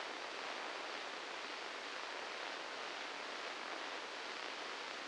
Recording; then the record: brain microelectrode recording played as sound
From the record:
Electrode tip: inside the subthalamic nucleus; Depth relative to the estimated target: -1 mm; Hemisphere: left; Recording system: NeuroSet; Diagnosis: Parkinson's disease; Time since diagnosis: 7 years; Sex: male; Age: 44 years